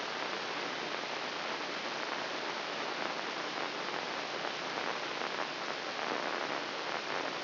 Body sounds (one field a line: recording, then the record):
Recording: brain microelectrode recording played as sound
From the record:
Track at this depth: inside the subthalamic nucleus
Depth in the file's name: 4.107 mm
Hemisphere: left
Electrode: 2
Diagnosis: Parkinson's disease